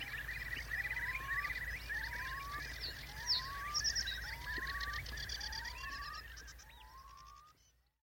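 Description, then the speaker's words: Eurasian Curlew song: repeated clear rising whistles with trilling, fading out at the end. "we're going to play you out with a little bit of Curlew song just to get you in the mood."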